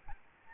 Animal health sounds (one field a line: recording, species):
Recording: mosquito wingbeat signal from an infrared sensor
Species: Aedes albopictus